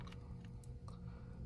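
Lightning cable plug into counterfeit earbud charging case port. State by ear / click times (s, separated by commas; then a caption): not seated / none. A Lightning cable plug is pushed into the port of a counterfeit earbud charging case and simply slides in. Only faint, soft ticks are heard over a steady low hum, and no click sounds because the plug has not clicked into place.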